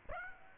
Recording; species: mosquito wingbeat signal from an infrared sensor; Aedes aegypti